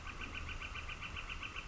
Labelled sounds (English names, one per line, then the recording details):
Northern Flicker
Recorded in Sonoma County, California